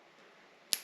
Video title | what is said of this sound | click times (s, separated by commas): LASFIT Switchback Rock Lights, How to Install on Roof Rack!...2022 Toyota Tundra TRD Pro | clamp it down. And you can hear and feel it click in place so it's nice and secure. | 0.7 s